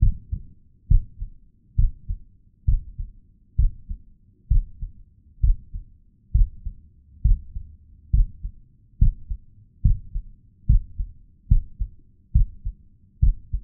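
Steady low-frequency thumping of a real adult heartbeat, about 68 beats a minute, with paired beats in a regular rhythm, looped.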